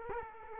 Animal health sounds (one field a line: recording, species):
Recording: mosquito wingbeat signal from an infrared sensor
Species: Culex quinquefasciatus